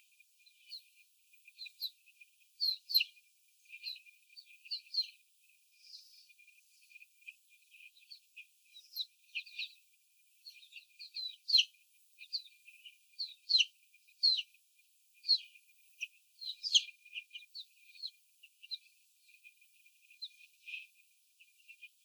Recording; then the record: young laying hens in a cage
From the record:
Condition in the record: before the stressor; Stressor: sudden umbrella opening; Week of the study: 3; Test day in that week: 2